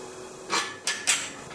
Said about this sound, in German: Mit den Flügelschrauben kann man die richtig gut festziehen, die Tür, und dann ist sie geschlossen.